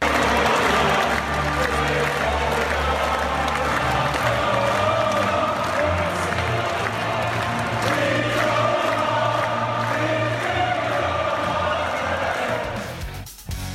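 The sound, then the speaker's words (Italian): A huge crowd of Irish football fans sings together in a loud, sustained chant, with cheers and clapping woven through the roar before it cuts off abruptly near the end. “tifosi irlandesi. Mamma mia, spettacolare. I migliori in assoluto. Ieri hanno anche cantato l'inno di Mameli”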